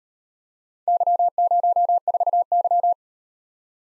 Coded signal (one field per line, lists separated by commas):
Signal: Morse code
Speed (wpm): 38 wpm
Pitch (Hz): 700 Hz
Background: none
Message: Y04Y